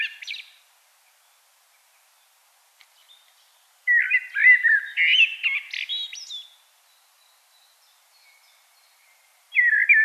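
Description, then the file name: Common blackbird song in separate phrases: a brief fragment, a long silence, a fuller fluty warble with a twittering tail, then another phrase beginning. "Turdus merula"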